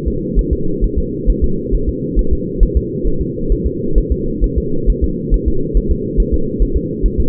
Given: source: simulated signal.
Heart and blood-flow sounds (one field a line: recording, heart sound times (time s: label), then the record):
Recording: fetal heart sounds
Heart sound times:
0.08 s: S2
0.39 s: S1
0.53 s: S2
0.84 s: S1
0.98 s: S2
1.30 s: S1
1.44 s: S2
1.75 s: S1
1.89 s: S2
2.19 s: S1
2.33 s: S2
2.63 s: S1
2.77 s: S2
3.07 s: S1
3.22 s: S2
3.52 s: S1
3.67 s: S2
3.98 s: S1
4.12 s: S2
4.44 s: S1
4.58 s: S2
4.90 s: S1
5.04 s: S2
5.34 s: S1
5.48 s: S2
5.77 s: S1
5.92 s: S2
6.20 s: S1
6.34 s: S2
6.62 s: S1
6.77 s: S2
7.06 s: S1
7.20 s: S2
From the record:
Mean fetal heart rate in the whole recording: 135 bpm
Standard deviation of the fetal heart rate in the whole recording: 3 bpm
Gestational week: 36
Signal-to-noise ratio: -8.1 dB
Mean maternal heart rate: 72 bpm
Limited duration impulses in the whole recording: absent